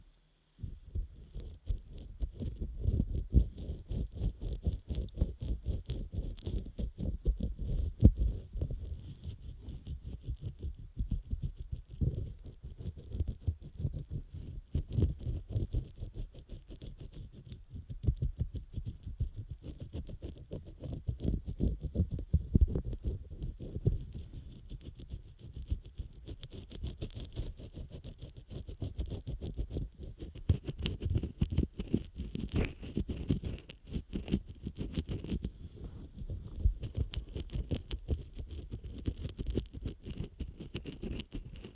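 Continuous rubbing and scrubbing against a microphone ear, a dense, muffled rumble of rapid strokes that carries on steadily for the whole recording. Brief tapping patters flicker through it, and a thin faint hiss sits high above the low scratching.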